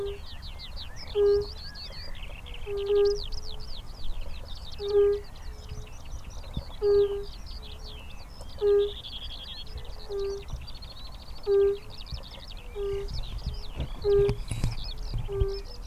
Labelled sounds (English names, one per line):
Fire-Bellied Toad call